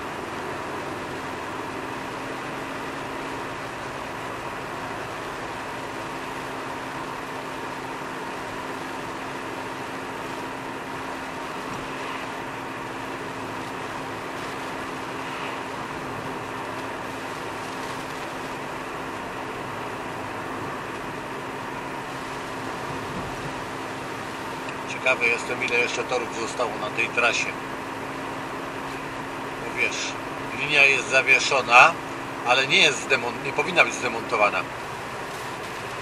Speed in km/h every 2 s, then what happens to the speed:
88, 89, 88, 87, 87, 88, 88, 87, 87, 87, 87, 87, 88, 89, 89, 90, 90, 89.
0-36 steady at about 88.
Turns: none.